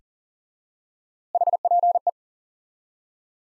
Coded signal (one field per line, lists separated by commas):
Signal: Morse code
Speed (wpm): 40 wpm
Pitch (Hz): 700 Hz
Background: none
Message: HPE